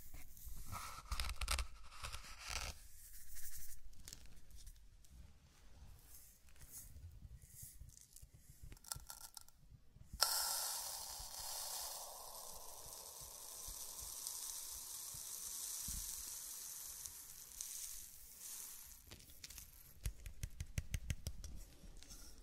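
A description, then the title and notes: Zen garden sounds: for the first ten seconds, scattered soft taps and crinkles over low thumps. A sharp tap at about ten seconds starts a steady, bright hiss of sand being brushed, lasting until around nineteen seconds. Quick, clicky tapping closes the clip. Zen Garden - Sand Crinkle Brushing Tapping Cup Sounds. NO TALKING.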